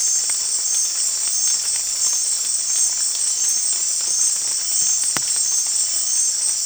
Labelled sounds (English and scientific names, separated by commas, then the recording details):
none
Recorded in dense forest near Puerto Asís, Putumayo, Colombia, on 13 March 2025 at 23:00
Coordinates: 0.503, -76.323
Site GP09